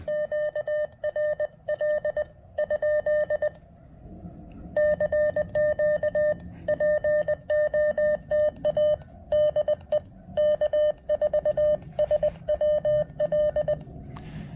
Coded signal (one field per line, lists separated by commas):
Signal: Morse code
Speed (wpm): 20 wpm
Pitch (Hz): 600 Hz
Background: none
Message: QRL ? CQ POTA DE K4SWL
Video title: Let's check out the Xiegu G106 by taking it on a POTA activation!